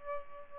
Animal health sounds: mosquito wingbeat signal from an infrared sensor; Aedes albopictus

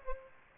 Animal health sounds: mosquito wingbeat signal from an infrared sensor; Aedes aegypti

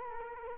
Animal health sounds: mosquito wingbeat signal from an infrared sensor; Culex quinquefasciatus

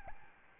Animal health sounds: mosquito wingbeat signal from an infrared sensor; Aedes albopictus

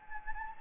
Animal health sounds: mosquito wingbeat signal from an infrared sensor; Anopheles gambiae

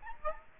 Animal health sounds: mosquito wingbeat signal from an infrared sensor; Aedes aegypti

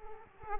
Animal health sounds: mosquito wingbeat signal from an infrared sensor; Aedes aegypti

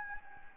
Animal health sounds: mosquito wingbeat signal from an infrared sensor; Anopheles gambiae

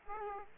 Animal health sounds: mosquito wingbeat signal from an infrared sensor; Aedes aegypti

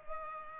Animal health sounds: mosquito wingbeat signal from an infrared sensor; Culex pipiens

